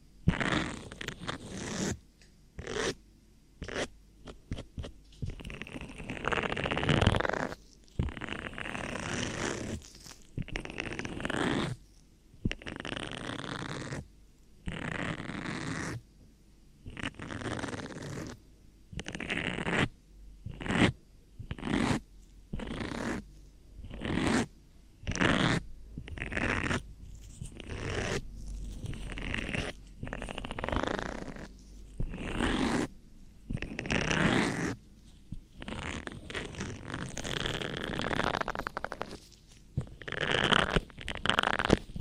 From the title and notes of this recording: ASMR Ear Cleaning For The Strongest Tingles [ NO TALKING ].